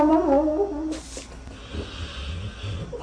It's a dog snoring that sounds like Donald Duck.